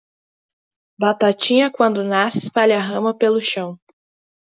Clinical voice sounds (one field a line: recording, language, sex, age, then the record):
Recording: short text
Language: Brazilian Portuguese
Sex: female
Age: 20 to 29 years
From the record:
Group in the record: control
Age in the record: 22 years